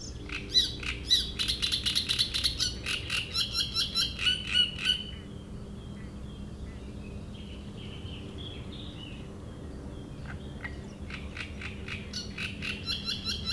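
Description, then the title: Great reed warbler song, a harsh rattling strophe of quick repeated notes, a pause with faint birds, then the grating phrases start again. Shrill song in a reed bed at Chatillon beach, Chindrieux, France; a migrant from Africa that can sing day and night. "Roselière plage Chatillon, Chindrieux, France - Rousserole turdoïde"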